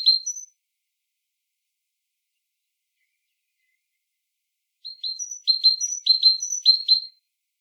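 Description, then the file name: Great tit singing: a brief burst of high notes at the start, a long silence, then a longer string of repeated high notes near the end. "Parus major"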